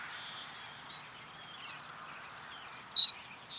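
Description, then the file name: Savannah sparrow song: spaced high tsip notes quickening into a long hissy buzz, finishing with a lower, slurred buzzy phrase. "Passerculus sandwichensis - Savannah Sparrow"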